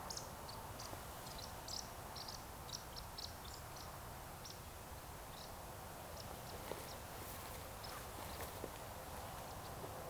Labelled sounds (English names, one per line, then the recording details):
Eurasian Woodcock chase call
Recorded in Baden-Württemberg, Germany, on 3 June 2021 at 20:02 UTC
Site 45499, 200 m above sea level